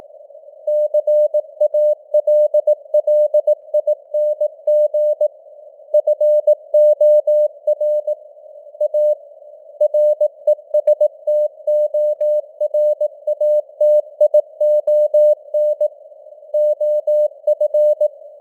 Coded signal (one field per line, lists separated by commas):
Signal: Morse code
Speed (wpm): 18 wpm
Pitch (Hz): 600 Hz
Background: none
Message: CALLING FOR A RESTORATION OF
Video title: Morse Code News | 2025-11-23 | 18wpm